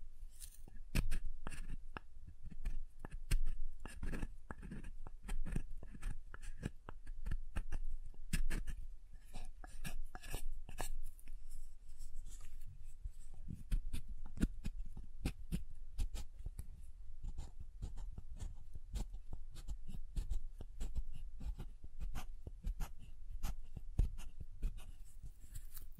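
Soap being tapped and carved, with a dense run of short, crisp clicks and scrapes coming irregularly throughout. The sharp tapping is busiest in the first ten seconds, then thins into softer scraping with scattered taps. A low rumble persists underneath.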